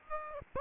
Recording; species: mosquito wingbeat signal from an infrared sensor; Aedes aegypti